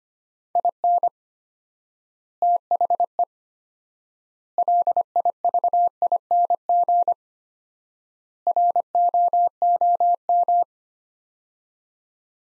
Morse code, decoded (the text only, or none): IN THE LIVING ROOM